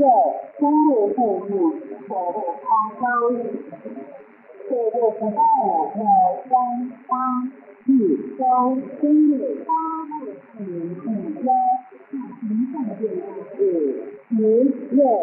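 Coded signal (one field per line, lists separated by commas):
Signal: numbers station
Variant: V13, Chinese military reading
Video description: Star Broadcasting Station is a Taiwan clandestine shortwave number station which send instructions to agencies/spies working in P. R. C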